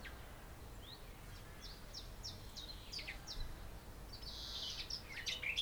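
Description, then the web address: Eurasian blackcap calls: short, sharp notes repeated at an uneven pace, then a harsh, buzzy chatter near the end, over a steady low rumble of background noise. "SETE data Sylvia atricapilla"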